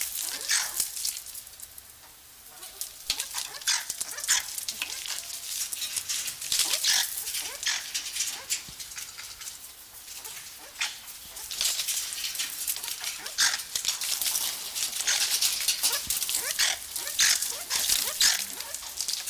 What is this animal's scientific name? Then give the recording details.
Mungos mungo. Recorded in captivity. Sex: group. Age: adult. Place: Zoo Halle, Sachsen-Anhalt, DE. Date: 1999-03-30 11:34. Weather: fair, ca. 15°C. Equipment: Sony MD-WM MZ-R3, Sennheiser MKH 416 T, Kopie Uher 4000 Report Monitor. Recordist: Tembrock, Günter